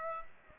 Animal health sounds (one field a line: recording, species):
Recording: mosquito wingbeat signal from an infrared sensor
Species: Aedes aegypti